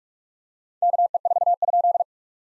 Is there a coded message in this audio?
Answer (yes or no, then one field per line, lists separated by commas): yes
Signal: Morse code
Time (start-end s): 0.8-2.0 s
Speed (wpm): 44 wpm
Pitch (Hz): 690 Hz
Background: none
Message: KE4?